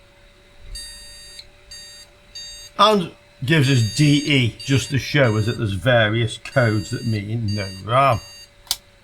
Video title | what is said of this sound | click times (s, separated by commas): Retro Gaming PC Finds 12th January : What CanYou Find At The Winter Car Boot Sale / Flea Market? | Well, the RAM slots feel and sound nice and positive, a nice click when it went in there. | 8.7 s